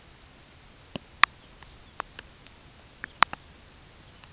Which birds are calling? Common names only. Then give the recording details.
Lapland Longspur. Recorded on Arctic tundra, site UTQI-5, on 13 June 2019. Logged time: 16:00